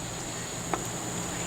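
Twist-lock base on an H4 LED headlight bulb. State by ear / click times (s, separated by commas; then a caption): released / 0.7 s. The detachable twist-lock base of a Cyclops 10.0 H4 LED headlight bulb (CREE emitters, 5600K, 38 watts) for a Honda CRF250L/CRF300L is turned clockwise from the back. A single short, sharp click at 0.7 s rises over a steady hiss and low hum. The base releases so it can be pulled off the bulb body.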